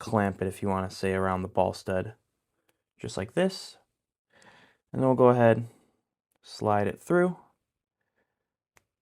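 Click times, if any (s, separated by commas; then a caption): 8.8 s. Someone talks while sliding the upper ball stud of an Overdose HG4 RC drift car shock for a Galm build through its plastic cap, with the top of the stud facing the notch. After a quiet pause, a single short, sharp click at 8.8 s marks the ball stud seating and locking into the cap's notch.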